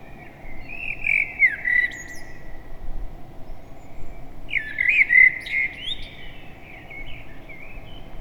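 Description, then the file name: Common blackbird giving two squeaky, warbling bursts of thin notes, the first early and the second a few seconds later, over a low background hum. "Turdus merula"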